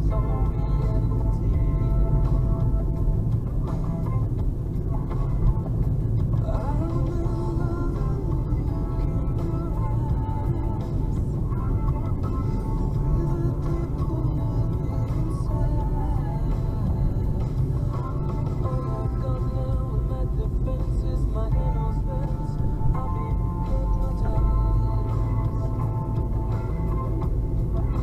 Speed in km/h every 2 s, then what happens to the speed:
55, 53, 53, 55, 55, 57, 57, 53, 51, 50, 44, 42, 46, 50.
0-12 steady at about 55. 12-20 slows to 44. 20-28 speeds up to 50.